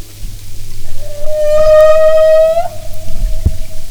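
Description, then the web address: Humpback whale song unit: a single long, steady tonal wail with rich stacked harmonics, slightly rising at its end, over low underwater noise. "Sound and Marine Mammals humpback"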